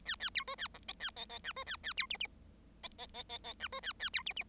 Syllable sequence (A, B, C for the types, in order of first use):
A A B C A D E A E E F C A A B G G E E E E E F C A A B G G